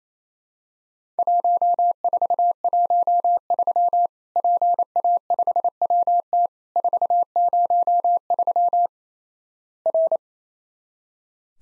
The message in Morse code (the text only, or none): 1413 PA5WT 403 R